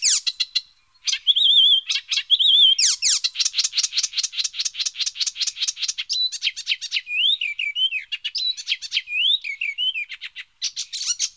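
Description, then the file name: Icterine warbler song, a long, continuous outpouring of rapid clicks, metallic chatter and wavering whistled notes, changing texture every second or two. "All the Bird Songs of Britain Europe - Hippolais icterina"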